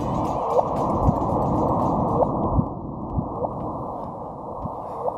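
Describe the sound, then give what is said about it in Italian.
A sonified gravitational wave signal: a dense, rushing wall of low rumbling noise, punctuated every second or so by brief, bright upward-sweeping chirps, with no voices present. “Questo è il suono che viene dall'universo, anzi dalle onde gravitazionali, di cui sappiamo ormai tutto, anzi in realtà sappiamo molto poco.”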